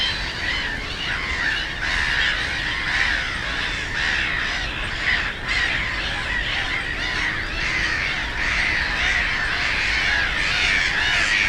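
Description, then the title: Black-headed gulls in a loud flock, harsh kek and squawk calls overlapping continuously, over a faint low hum. Many black-headed gulls, the loudest birds at Frog Ponds nature complex on former coal-mining ponds, Bytom, Poland; nearby DK79 road and railway noise. "Żabie Doły, Bytom, Polska - Black-headed gulls at Frog Ponds complex"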